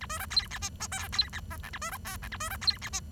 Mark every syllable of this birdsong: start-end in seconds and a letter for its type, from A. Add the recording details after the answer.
0.01-0.06 A, 0.09-0.19 B, 0.19-0.26 C, 0.30-0.47 D, 0.51-0.58 E, 0.61-0.69 F, 0.80-0.87 G, 0.92-1.08 H, 1.12-1.29 D, 1.33-1.40 E, 1.50-1.57 I, 1.63-1.70 J, 1.73-1.78 A, 1.81-1.91 B, 1.91-1.97 C, 2.05-2.16 D, 2.22-2.28 E, 2.32-2.37 F, 2.40-2.50 B, 2.50-2.57 C, 2.61-2.78 D, 2.82-2.89 E, 2.93-3.00 F. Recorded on 23 June 2012 at 11:05. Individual gr41rd51